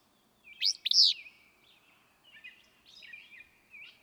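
Willow flycatcher opens with a single explosive, rasping two-part phrase, followed by softer twittering and faint hiss.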